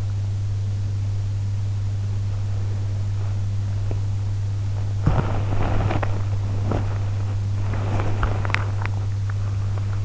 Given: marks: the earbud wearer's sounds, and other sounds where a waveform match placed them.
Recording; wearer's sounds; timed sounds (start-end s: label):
sounds in sleep by an in-ear microphone; body movement
4.98-10.05 s: body movement